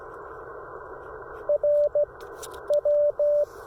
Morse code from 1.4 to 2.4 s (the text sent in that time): R